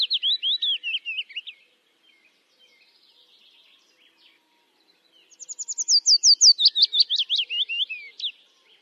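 Bird singing two quick phrases of rapid slurred whistles, the first short and ending early, the second longer and falling in pitch, with a soft pause between them.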